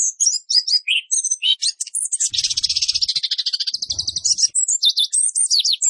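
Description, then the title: Orange-headed thrush delivering varied high whistles, then an extended fast rolling trill of repeated notes before more twisting whistled phrases; soft low knocks beneath. Actively singing bird with 'Roll Speed' song material, used for training cage birds. "Anis Kembang Gacor. Masteran Anis Kembang materi Roll Speed"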